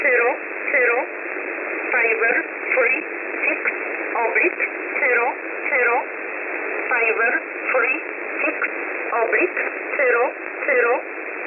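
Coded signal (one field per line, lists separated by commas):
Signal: numbers station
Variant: E11 Oblique, English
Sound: short, evenly spaced spoken words, likely numbers, in a voice over shortwave static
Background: radio static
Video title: 19 05 2021 Number station E11 Oblique in English to Eu 0900 on 7449 unknown tx site in USB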